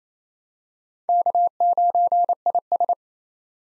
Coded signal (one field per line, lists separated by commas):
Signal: Morse code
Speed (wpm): 28 wpm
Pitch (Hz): 700 Hz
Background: none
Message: K9IS